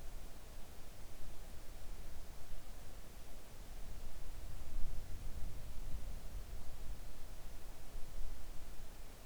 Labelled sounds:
near silence
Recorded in the Arctic National Wildlife Refuge, Alaska, on 3 August 2019 at 05:14
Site 41

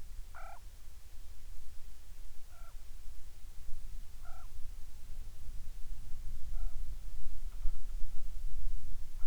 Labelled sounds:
corvid
insects
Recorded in the Prudhoe Bay oil fields, Alaska, on 10 July 2019 at 13:56
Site 14

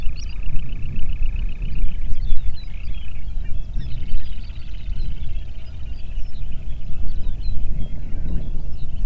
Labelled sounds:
songbird
waterfowl
wind
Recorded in the Prudhoe Bay oil fields, Alaska, on 8 June 2019 at 05:19
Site 30

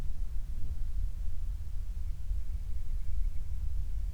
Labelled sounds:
near silence
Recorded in the Prudhoe Bay oil fields, Alaska, on 28 July 2019 at 05:34
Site 25

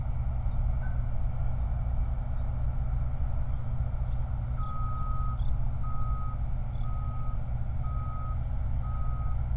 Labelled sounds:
songbird
vehicle
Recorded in the Prudhoe Bay oil fields, Alaska, on 29 July 2019 at 03:48
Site 29

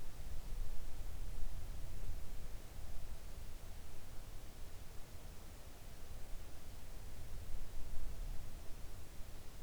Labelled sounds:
near silence
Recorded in the Arctic National Wildlife Refuge, Alaska, on 3 August 2019 at 05:41
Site 41

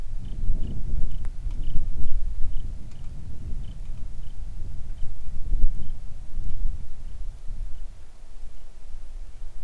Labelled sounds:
songbird
wind
rain
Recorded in the Arctic National Wildlife Refuge, Alaska, on 3 August 2019 at 10:14
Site 41

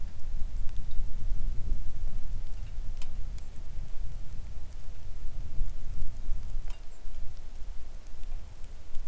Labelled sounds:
songbird
wind
rain
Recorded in the Arctic National Wildlife Refuge, Alaska, on 3 August 2019 at 09:57
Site 41

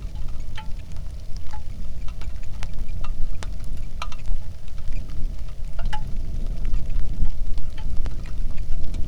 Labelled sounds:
wind
rain
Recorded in the Arctic National Wildlife Refuge, Alaska, on 3 August 2019 at 09:30
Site 46

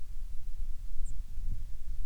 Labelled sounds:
wind
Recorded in the Prudhoe Bay oil fields, Alaska, on 7 August 2019 at 05:13
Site 13

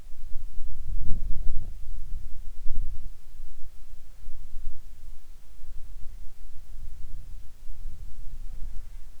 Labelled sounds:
wind
insects
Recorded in the Arctic National Wildlife Refuge, Alaska, on 7 July 2019 at 19:15
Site 41

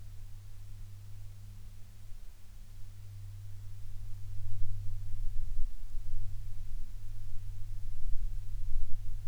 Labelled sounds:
aircraft
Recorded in the Prudhoe Bay oil fields, Alaska, on 12 August 2019 at 15:32
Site 11

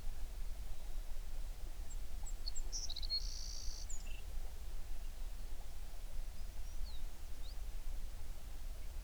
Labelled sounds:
songbird
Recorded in the Prudhoe Bay oil fields, Alaska, on 11 June 2019 at 04:42
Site 21

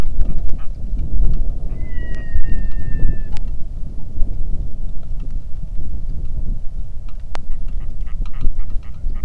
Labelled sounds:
waterfowl
wind
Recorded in the Arctic National Wildlife Refuge, Alaska, on 3 August 2019 at 09:01
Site 46

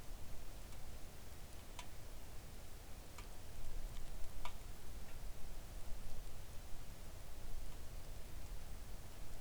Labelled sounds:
rain
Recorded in the Arctic National Wildlife Refuge, Alaska, on 3 August 2019 at 05:56
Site 41

